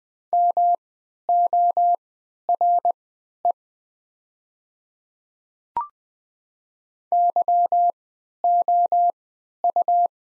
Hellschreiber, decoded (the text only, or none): none